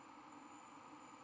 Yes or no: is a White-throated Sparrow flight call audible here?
no